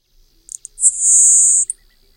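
Le Conte's sparrow song: two quick very high ticks, then a long thin insect-like buzz lasting nearly a second, closed by one short tick; quiet background.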